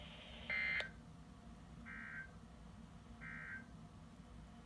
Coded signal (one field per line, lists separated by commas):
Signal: Emergency Alert System (SAME) tones